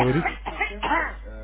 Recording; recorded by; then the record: voluntary cough; telephone call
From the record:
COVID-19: positive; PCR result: checked with the laboratory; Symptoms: no